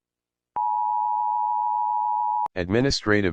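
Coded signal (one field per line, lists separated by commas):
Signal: Emergency Alert System (SAME) tones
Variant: 853 and 960 Hz attention tone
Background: speech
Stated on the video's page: Fictional EAS scenario; simulated alert tones.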